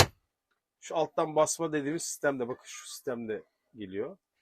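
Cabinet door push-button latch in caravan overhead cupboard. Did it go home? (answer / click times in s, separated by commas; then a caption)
no / none. An overhead storage cabinet door with a push-button latch in a Bailey Phoenix 644 caravan is handled, a latch meant to click shut and stay locked so it won't open on the road. Someone talks throughout, with only a short faint sound at the very start. Nothing has seated or clicked yet.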